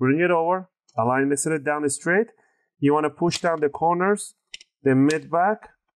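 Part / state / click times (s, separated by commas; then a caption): laptop bottom cover clips into chassis / not seated / none. Someone talks while the plastic bottom cover of a Dell Inspiron 5570 P75f laptop is brought over and aligned straight, ready to be pressed down at the corners and middle back so its retaining clips snap into the chassis. Nothing has seated or clicked yet in this clip.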